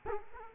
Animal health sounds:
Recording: mosquito wingbeat signal from an infrared sensor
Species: Culex quinquefasciatus

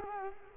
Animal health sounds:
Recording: mosquito wingbeat signal from an infrared sensor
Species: Culex quinquefasciatus

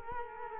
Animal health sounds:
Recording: mosquito wingbeat signal from an infrared sensor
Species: Culex quinquefasciatus

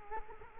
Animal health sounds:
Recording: mosquito wingbeat signal from an infrared sensor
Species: Culex quinquefasciatus

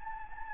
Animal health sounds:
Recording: mosquito wingbeat signal from an infrared sensor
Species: Anopheles gambiae

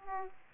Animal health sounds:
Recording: mosquito wingbeat signal from an infrared sensor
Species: Aedes aegypti

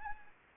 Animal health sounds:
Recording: mosquito wingbeat signal from an infrared sensor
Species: Anopheles arabiensis

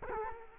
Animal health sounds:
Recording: mosquito wingbeat signal from an infrared sensor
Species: Culex quinquefasciatus

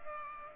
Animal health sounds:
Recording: mosquito wingbeat signal from an infrared sensor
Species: Culex pipiens

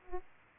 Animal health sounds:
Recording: mosquito wingbeat signal from an infrared sensor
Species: Aedes aegypti

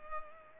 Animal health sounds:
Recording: mosquito wingbeat signal from an infrared sensor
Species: Culex pipiens

